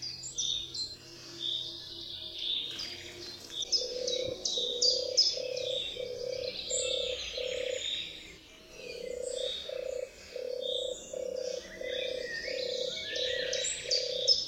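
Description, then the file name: European turtle dove purring: low, soft rolled notes repeated in two series, beneath busy high chirping of songbirds throughout. "TURKAWKA"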